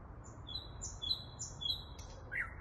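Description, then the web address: Thrush nightingale: songbird phrase of high drawn whistles at two pitches, ending in a brief lower buzzy note, over faint background hum. Song recorded in Kaluga. "luscinia luscinia canto del ruisenor en kaluga"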